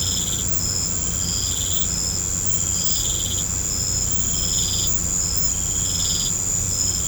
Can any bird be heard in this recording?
no